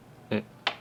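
A trimmed inner plastic plug with its rubber removed, so it fits, is pushed into the hole in a Sony HDR-AS200V action camera grip or housing. A brief, broad thud at about 0.3 s is followed by a sharp click at 0.7 s as the plug seats in the hole.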